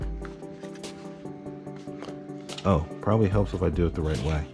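A plastic battery hold-down is fitted into the battery tray of a ZEALINNO 1:10 scale RC monster truck chassis, turned to the correct direction after first being the wrong way round. Music plays throughout with brief handling taps near 0.3 s and 2.1 s, and someone talks near the end. Nothing has seated or clicked yet.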